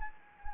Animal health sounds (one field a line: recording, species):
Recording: mosquito wingbeat signal from an infrared sensor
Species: Anopheles gambiae